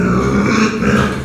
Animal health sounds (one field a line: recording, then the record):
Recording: squeal of a Yucatan mini pig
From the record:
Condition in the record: after surgery on the right vocal fold (resection and tissue-engineered implant)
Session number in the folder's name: 9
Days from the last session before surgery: 65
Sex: female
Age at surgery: 19 weeks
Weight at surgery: 25 kg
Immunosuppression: prednisolone